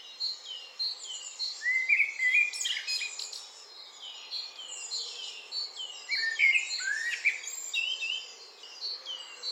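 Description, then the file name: Eurasian blackbird song: brief mellow warbles surfacing through a thick layer of high chirping from other birds. "Turdus merula"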